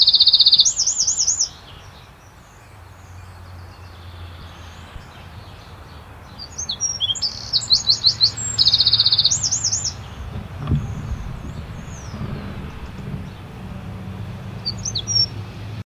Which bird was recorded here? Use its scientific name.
Troglodytes troglodytes